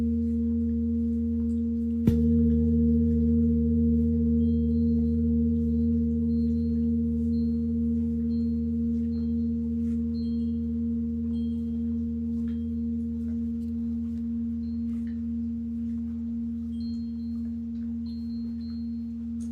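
Three large singing bowls hum in deep, steady layered tones, struck once near two seconds and slowly fading while faint chirps flicker above.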